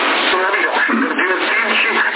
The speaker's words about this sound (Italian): Ecco, adesso c'è anche la radio accesa.